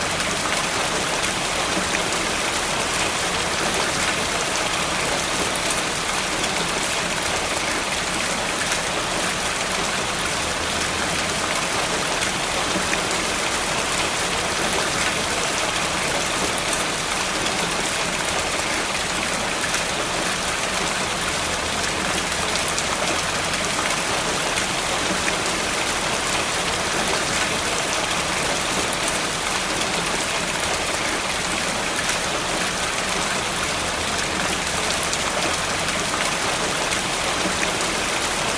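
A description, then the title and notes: Rainwater runs through a gutter in a steady, dense hiss with bright pattering, unchanging throughout, with a faint low rumble underneath. Rainwater running through a rain gutter.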